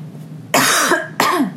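Adult woman. Two coughs.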